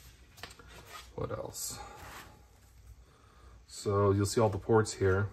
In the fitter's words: it down it kind of locks in place with magnets so it kind of has a satisfying click to it